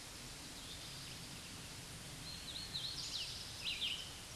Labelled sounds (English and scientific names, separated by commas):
Red-eyed Vireo (Vireo olivaceus) song